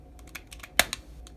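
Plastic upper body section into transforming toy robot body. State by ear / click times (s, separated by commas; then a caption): seated / 0.8 s. The plastic upper body section of a Transformers Legends LG-EX Big Powered Set Dai Atlas toy robot is pushed down into the robot body, with faint plastic ticks and creaks at about 0.4, 0.5 and 0.6 seconds. A sharp, bright click at 0.8 seconds marks it seating into place, followed by a lighter tick at 0.9 seconds and a faint one at 1.3 seconds. The upper body is seated.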